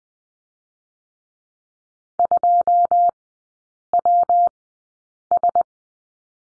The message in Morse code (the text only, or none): 2WS